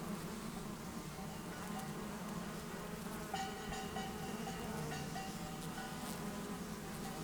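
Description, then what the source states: Bumblebees buzzing in a low steady drone. Bumblebees and other pollinators taking nectar at flowers on a warm morning after overnight cloud cover, 6500-foot meadow, south end of Taylor Lake, Russian Wilderness, Klamath National Forest, Siskiyou County, California.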